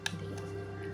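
The plate lock on a Remington PROLUXE hair straightener is slid to its on (unlocked) position so the closed plates can open. A short, sharp click sounds at 0.1 s over a steady low hum. The lock is released and the straightener is open.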